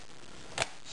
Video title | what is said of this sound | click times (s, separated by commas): Laptop screen replacement / How to replace laptop screen [Acer Aspire 5734Z].wmv | then we just snap the uh the bezel on snaps | 0.6 s